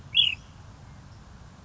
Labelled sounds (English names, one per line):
Ash-throated Flycatcher